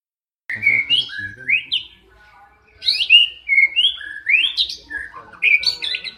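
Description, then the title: Oriental magpie-robin song: a run of clear, varied whistled notes, some rising and some falling, delivered in short bursts with brief pauses between them. "kacer"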